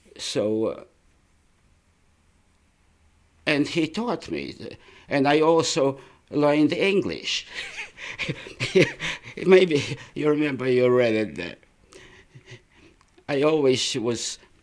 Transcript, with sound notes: so, and he taught me. And I also learned English. ( he laughs ) Maybe you remember, you read it there. I always was,